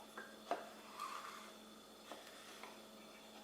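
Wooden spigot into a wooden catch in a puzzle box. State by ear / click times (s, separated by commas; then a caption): not seated / none. A small spigot on a glued wooden piece that holds a chime hammer is pushed against a wooden catch inside a clock-case puzzle box. Light wooden knocks and rubbing are heard, with the sharpest tap near 0.5 s and softer ones near 0.2 s and 2.6 s. The spigot has not clicked into place, so the catch must be filed to a steeper angle.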